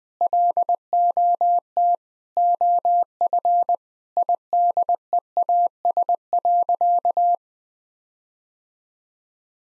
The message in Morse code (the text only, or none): LOT OF IDEAS.